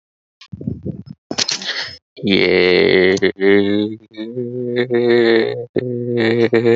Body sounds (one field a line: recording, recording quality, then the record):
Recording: sustained vowel as in made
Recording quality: moderate, slight background noise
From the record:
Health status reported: healthy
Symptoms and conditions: fever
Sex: male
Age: 27 years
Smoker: not ticked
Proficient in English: yes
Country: India